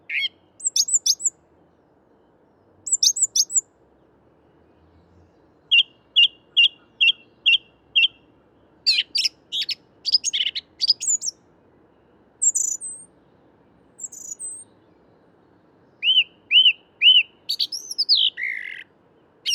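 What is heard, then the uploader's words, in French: A blackbird and a song thrush sing in turn, with bright, high phrases throughout. Early on come short repeated bursts, then a run of evenly spaced notes around 6–8 seconds, followed by varied whistles and trills. A faint low hum runs underneath. Bois de Vincennes - Paris - Nagra seven - Parabole Wildtronic - MONO. Enregistrements réalisés au lever du jour en mono avec une parabole américaine Wildtronic. Le chant d'un Merle noir ( Turdus merula) et celui de la Grive musicienne (Turdus philomelos).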